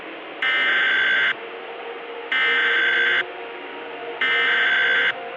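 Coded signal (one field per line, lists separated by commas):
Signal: Emergency Alert System (SAME) tones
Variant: header bursts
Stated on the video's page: Valid EAS SAME tones in a fictional zombie-virus scenario, a simulated alert rather than a real broadcast.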